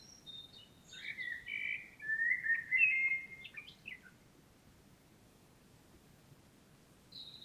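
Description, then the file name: Common blackbird song, a continuous mellow warble of fluty notes over a few seconds with high squeaky touches, then a thin high note. "Turdus merula"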